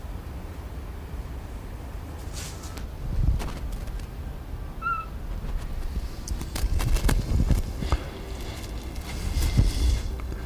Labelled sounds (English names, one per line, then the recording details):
Eurasian Scops Owl call
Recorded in captivity
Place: Zoo Berlin, Berlin, DE
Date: 1997-10-03 19:40
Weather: heiter, 11°C
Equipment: Sony MD-WM MZ-R3, Sennheiser ME 80, Kopie Uher 4000 Report Monitor
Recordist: Tembrock, Günter
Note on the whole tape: Rufreihen, etwa 3 Lauttypen